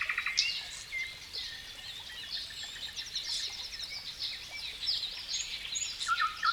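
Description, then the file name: Bird song of high chirps, short trills and thin whistles, some rapid repeated notes, over a steady hiss of background noise. "melodiez vogels"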